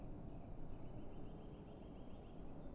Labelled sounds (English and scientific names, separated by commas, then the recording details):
Eurasian Blue Tit (Cyanistes caeruleus)
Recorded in Germany
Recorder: ecoPi